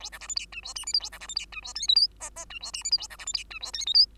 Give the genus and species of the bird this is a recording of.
Lonchura striata domestica